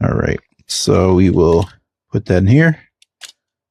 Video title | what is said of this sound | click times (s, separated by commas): Recensione del Godox V1 MID N Flash per NIKON, Speedlite a testa rotonda da 55Ws, ottica 24mm, oltre | Does it doesn't lock in? No. | none